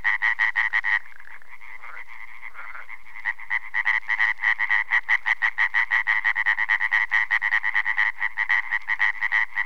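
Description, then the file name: European tree frog chorus of quick, harsh croaks; the calling briefly softens and turns uneven before a loud, regular run resumes. "løvfrø"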